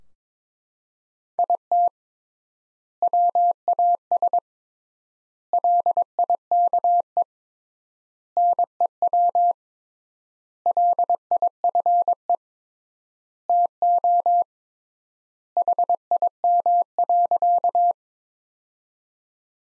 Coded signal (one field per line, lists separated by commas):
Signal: Morse code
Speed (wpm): 22 wpm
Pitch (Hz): 700 Hz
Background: none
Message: IT WAS LIKE NEW LIFE TO HIM.